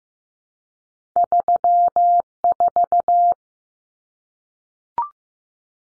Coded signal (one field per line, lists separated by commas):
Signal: Morse code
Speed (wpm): 15 wpm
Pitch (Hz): 700 Hz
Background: none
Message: 34